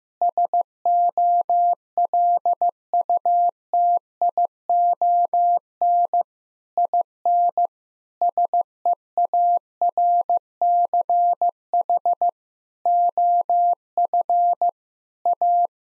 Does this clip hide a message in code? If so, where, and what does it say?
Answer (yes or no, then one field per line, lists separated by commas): yes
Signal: Morse code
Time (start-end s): 0.2-15.7 s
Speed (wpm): 15 wpm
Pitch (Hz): 700 Hz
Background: none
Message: SOLUTION IN SEARCH OF A